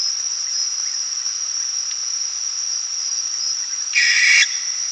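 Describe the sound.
Barn owl fledgling giving one harsh, hissing screech of about half a second near the end, over a steady, high, shrill cricket chorus.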